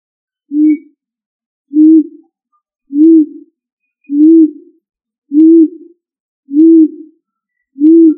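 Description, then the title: Pigeon giving a steady series of low, hollow coos, seven evenly spaced notes roughly every 1.2 seconds against a silent background. "ColumbidaePomba"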